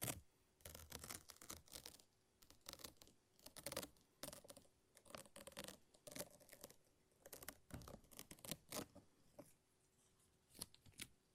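A lint roller and tape give a run of sticky peeling and ripping sounds, short crackly bursts coming every half second or so in an uneven rhythm. The tearing is bright and sharp, with brief pauses between strokes and a faint steady hum underneath.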